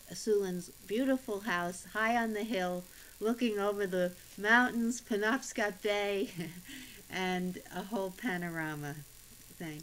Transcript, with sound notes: Sulin's beautiful house, high on the hill, looking over the mountains, Penobscot Bay (she laughs) and a whole panorama. Thanks.